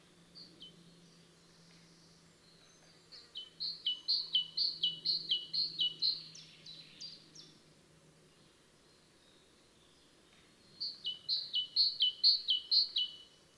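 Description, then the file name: Great tit song, a quick see-saw of paired whistled notes in two strong runs of about six and four repeats, over a low hum that fades out partway through. "Parus major"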